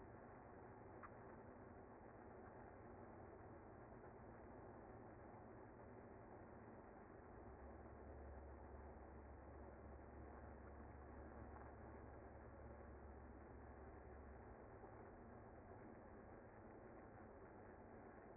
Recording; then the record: honeybee colony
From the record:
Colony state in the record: active